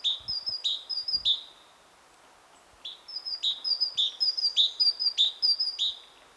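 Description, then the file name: Great tit: bright, ringing two-part notes, repeated quickly in two bursts separated by a short pause. "Parus major"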